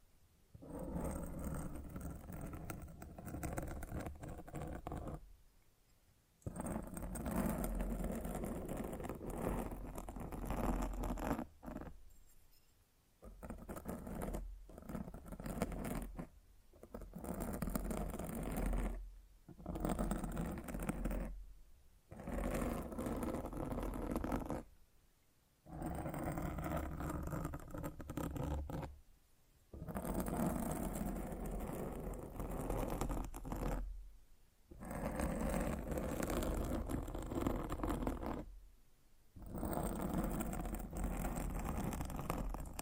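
Microphone scratching, a rough rubbing noise that fills the low and middle range in long bursts of a few seconds each. The bursts are broken by short, sharp silences roughly every three to five seconds, with a faint high whine running underneath.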